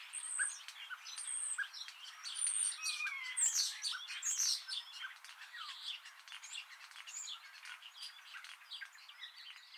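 Starling chattering, with high thin whistles, quick sliding notes and dry clicks mixed into a busy, uneven stream of calls.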